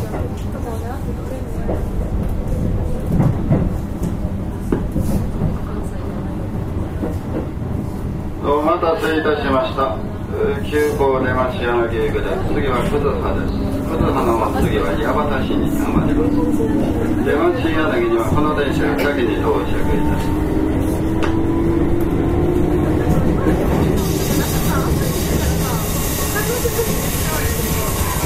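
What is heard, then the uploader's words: A Keihan 6000 series train runs with a steady, dense low rumble throughout. From about eight seconds a warbling motor whine sets in, shifting pitch and then gliding slowly upward. Near the end a bright hiss joins, and faint voices may sound underneath. 京阪電車 6000系 急行 枚方市から祇園四条まで. 京阪電気鉄道 6000系電車の走行音です。 急行列車にて録音しました。 It is a running sound of a 6000 series train.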